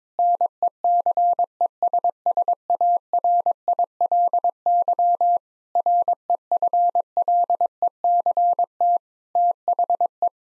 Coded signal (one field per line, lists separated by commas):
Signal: Morse code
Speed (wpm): 22 wpm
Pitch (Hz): 700 Hz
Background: none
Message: NECESSARILY REFLECT THE